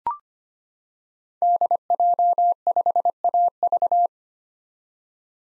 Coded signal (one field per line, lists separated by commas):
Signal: Morse code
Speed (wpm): 25 wpm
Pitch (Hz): 700 Hz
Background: none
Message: DJ5AV